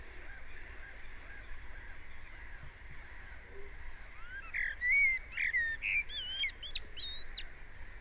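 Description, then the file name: Common blackbird song: a loud whistled phrase in the second half, rich warbling notes breaking into high squeaky twitters, over a steady background hiss. "Turdus merula"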